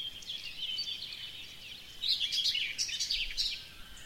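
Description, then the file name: Whinchat song: short scratchy, chattering phrases mixed with brief whistles, one soft phrase at the start and a louder burst after two seconds, over faint background hiss. "pruunselg"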